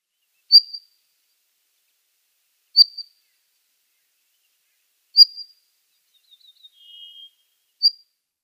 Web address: Schulze Peter Northern Wheatear calls